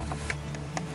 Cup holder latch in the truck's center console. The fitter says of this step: this is when you close it it locks into place